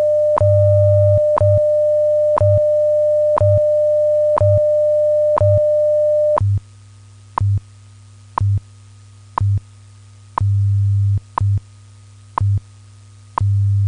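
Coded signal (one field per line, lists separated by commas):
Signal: radio time signal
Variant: WWV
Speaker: radio station wwv fort collins colorado broadcasting on internationally allocated standard carrier frequencies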